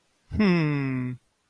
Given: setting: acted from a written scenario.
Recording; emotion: vocal sound without words; adoration